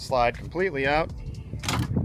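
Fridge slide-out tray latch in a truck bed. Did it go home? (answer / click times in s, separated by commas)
yes / 1.7 s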